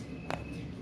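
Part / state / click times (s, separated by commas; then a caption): ratchet handle into plastic holder of toolkit case / seated / 0.3 s. A ratchet handle from a Topeak Ratchet Rocket Lite NXT+ toolkit is pressed into its plastic holder inside the toolkit case. A single sharp click is heard at 0.3 s, and the handle locks into place in the holder.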